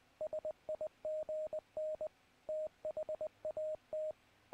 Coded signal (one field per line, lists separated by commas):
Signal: Morse code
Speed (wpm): 19 wpm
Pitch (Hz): 620 Hz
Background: radio noise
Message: SIGN THAT